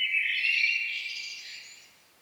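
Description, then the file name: Common blackbird with a short warbled phrase that starts strong and tails off quietly. "Turdus merula"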